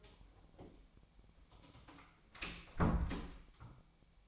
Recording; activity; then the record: daily activity, microphone in the room; close door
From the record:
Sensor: 1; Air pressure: 1007.2 hPa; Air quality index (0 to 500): 200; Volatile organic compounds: 20 ppm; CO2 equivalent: 2698 ppm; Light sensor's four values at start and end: 13/34/13/15 and 13/32/13/15